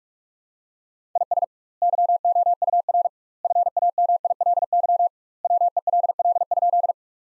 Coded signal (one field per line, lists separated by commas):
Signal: Morse code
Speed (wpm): 46 wpm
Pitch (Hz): 700 Hz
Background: none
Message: IS YOUR FAMILY WELL?